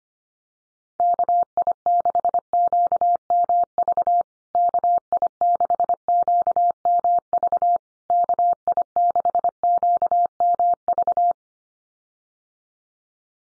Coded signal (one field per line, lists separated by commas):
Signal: Morse code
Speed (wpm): 25 wpm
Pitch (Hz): 700 Hz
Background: none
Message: KI6QMV KI6QMV KI6QMV